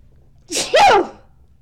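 A single sneeze of about half a second: a brief rising intake, then a loud voiced burst that quickly fades. No background sound.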